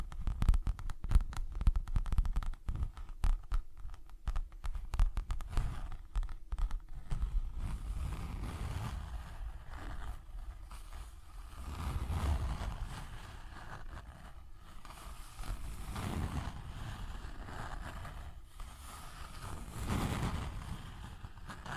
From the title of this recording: ASMR Tapping, Scratching & Zipper Sounds